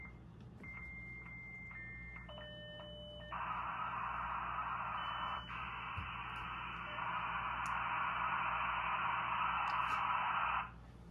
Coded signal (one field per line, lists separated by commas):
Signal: dial-up modem handshake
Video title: Can a modern computer connect to the internet via dialup???